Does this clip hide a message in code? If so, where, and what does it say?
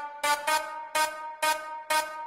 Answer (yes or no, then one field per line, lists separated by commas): no